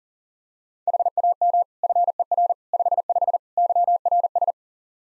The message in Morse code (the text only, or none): HAM FER 55 YRS